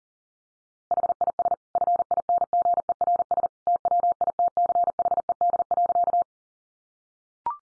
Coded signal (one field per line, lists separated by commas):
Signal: Morse code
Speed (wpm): 40 wpm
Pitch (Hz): 700 Hz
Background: none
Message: HIS FINGERS TWITCHED.